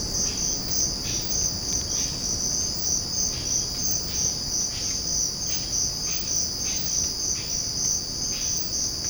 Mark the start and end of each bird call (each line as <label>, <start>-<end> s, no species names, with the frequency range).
bird call (1.5-4.0 kHz), 0.25-0.60 s
bird call (1.8-4.6 kHz), 1.06-1.38 s
bird call (1.5-4.3 kHz), 1.96-2.25 s
bird call (1.4-4.5 kHz), 3.25-3.65 s
bird call (1.1-4.7 kHz), 4.07-5.01 s
bird call (1.6-4.4 kHz), 5.47-5.76 s
bird call (1.4-4.2 kHz), 6.04-6.37 s
bird call (1.5-4.2 kHz), 6.65-6.99 s
bird call (0.8-4.0 kHz), 7.33-7.68 s
bird call (1.2-4.0 kHz), 8.28-8.61 s